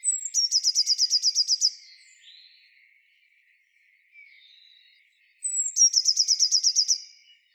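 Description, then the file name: Eurasian blue tit song in two phrases. Each has a high, thin falling note leading into a quick, ringing trill, with a pause between them. "Cyanistes caeruleus"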